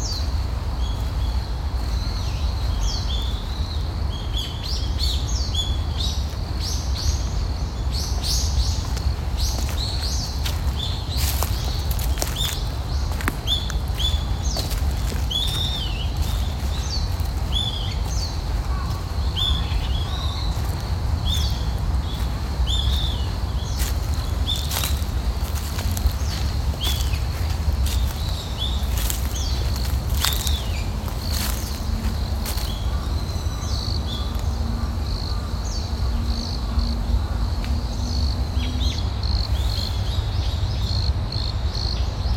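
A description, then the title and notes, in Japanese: Birdsong fills the scene, with frequent short, bright chirps and calls around the upper middle range, coming in quick scattered bursts throughout. Beneath them runs a constant low rumble, steady and fairly loud, like traffic or wind, with occasional faint sharp clicks. 公園の朝散歩より597鳥のこえ。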